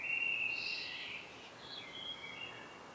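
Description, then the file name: Common blackbird song: a soft fluting phrase with a brief higher flourish, then a thin trailing note, heard quietly over a hissy background. "Turdus merula"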